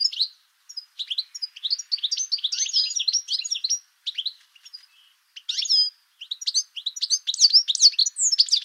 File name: chardonneret elegant